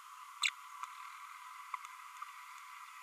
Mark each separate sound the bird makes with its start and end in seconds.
0.43-0.48